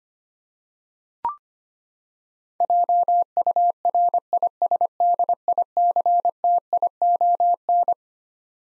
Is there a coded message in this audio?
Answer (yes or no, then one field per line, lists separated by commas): yes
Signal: Morse code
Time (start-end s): 2.6-7.9 s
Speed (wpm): 25 wpm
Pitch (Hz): 700 Hz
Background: none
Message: JURISDICTION